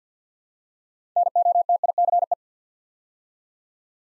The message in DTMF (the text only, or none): none